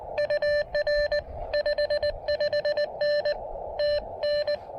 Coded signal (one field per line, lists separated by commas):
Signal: Morse code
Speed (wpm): 20 wpm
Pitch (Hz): 1750 Hz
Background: none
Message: UR 55N TN